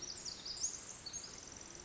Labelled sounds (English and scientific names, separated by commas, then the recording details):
Pacific Wren (Troglodytes pacificus)
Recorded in Sonoma County, California